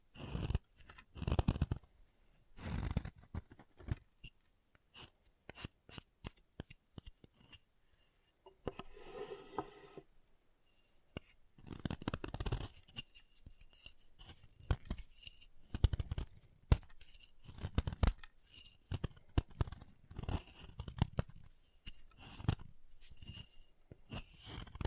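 Chalk being carved and cut in irregular bursts of dry scraping and crisp snips, with short pauses and a brief quieter rasp near ten seconds.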